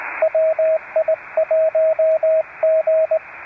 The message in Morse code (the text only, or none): WI1G